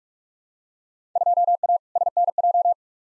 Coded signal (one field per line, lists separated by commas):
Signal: Morse code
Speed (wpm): 46 wpm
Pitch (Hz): 700 Hz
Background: none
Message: 2A SNJ